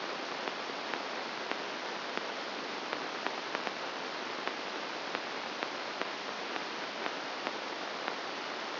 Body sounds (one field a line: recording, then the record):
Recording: brain microelectrode recording played as sound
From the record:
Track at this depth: inside the subthalamic nucleus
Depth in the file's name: 0.506 mm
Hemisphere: left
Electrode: 2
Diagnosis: Parkinson's disease